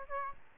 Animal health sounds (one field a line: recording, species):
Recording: mosquito wingbeat signal from an infrared sensor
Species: Aedes albopictus